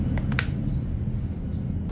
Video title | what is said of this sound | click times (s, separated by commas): watt rendah?? BISA!!!! -- High Pressure Washer 500 watt Yasuka HPW650IP | Nah, kalau sudah bunyi klik seperti ini udah terkunci. | 0.4 s